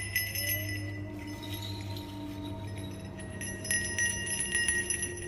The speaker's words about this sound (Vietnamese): Cái chuông buộc ở trên cây hồng già cứ thế kêu lên những âm thanh đanh khô, mặc dù ngoài trời đang lặng gió.